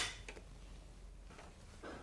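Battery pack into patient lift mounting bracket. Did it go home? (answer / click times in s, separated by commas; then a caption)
yes / 0.3 s. A fresh battery pack is slid along the mount bracket into the cradle of an Invacare patient lift and pushed away until it clicks into place, with a sharp click at 0.3 s followed by a smaller tick just after. The battery is seated, and a softer shuffling noise follows near the end.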